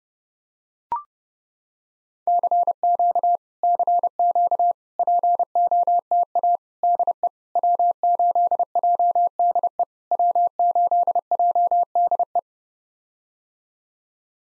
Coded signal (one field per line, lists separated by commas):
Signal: Morse code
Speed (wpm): 32 wpm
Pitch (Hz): 700 Hz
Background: none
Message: CQ CQ POTA DE W8JDE W8JDE